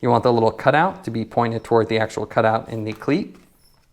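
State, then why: Not seated. A plastic walkable cleat cover is lined up with its small cutout pointed toward the cutout in a Wahoo Speedplay standard tension pedal cleat on a cycling shoe, ready to be pressed on. Someone talks throughout, and the sound fades to quiet near the end. Nothing has snapped or seated yet.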